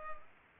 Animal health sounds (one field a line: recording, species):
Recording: mosquito wingbeat signal from an infrared sensor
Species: Culex pipiens